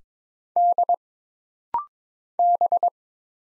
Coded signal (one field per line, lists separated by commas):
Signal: Morse code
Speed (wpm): 22 wpm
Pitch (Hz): 700 Hz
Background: none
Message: D B